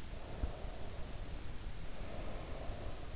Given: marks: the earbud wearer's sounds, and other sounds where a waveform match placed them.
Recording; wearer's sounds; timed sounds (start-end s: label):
sounds in sleep by an in-ear microphone; breath
0.07-3.16 s: breath